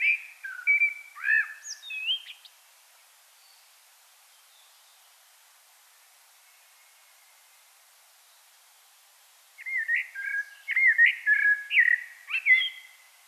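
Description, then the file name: Common blackbird singing two phrases separated by about seven seconds of quiet, each a run of fluted whistles and abrupt high twittering notes. "Turdus merula"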